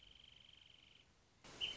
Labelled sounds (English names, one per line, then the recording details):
Wrentit
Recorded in Sonoma County, California